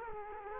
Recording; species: mosquito wingbeat signal from an infrared sensor; Culex quinquefasciatus